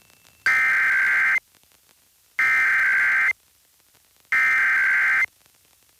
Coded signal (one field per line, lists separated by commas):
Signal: Emergency Alert System (SAME) tones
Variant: header bursts